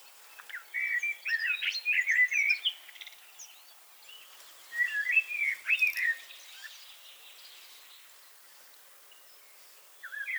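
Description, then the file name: Common blackbird song, two rich warbling phrases with scratchy high flourishes separated by a short pause, then the start of another fluty phrase at the end. "Turdus merula"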